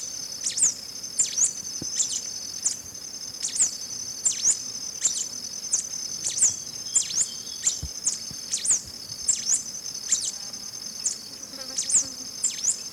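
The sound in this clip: Black-capped Warbling Finch giving quick, high, swooping chip notes repeated many times throughout, over a constant, buzzing insect chorus.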